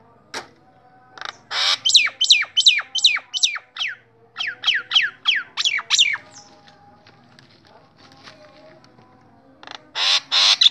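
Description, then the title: Nias hill myna producing a fast series of sharp descending notes in two bursts, then softer sounds and a final loud harsh burst. Loud, prolific singing, intended as a masteran model for training other songbirds. "Burung Jalak Nias Gacor Suara Super Gledek Untuk Masteran"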